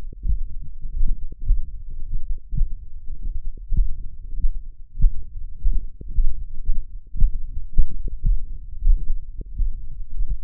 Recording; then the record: forearm muscle sounds (acoustic myography)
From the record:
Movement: tripod grip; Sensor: system 1, eight BSWA MPA416 microphones around the upper forearm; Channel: 6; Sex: male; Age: 21 years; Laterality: right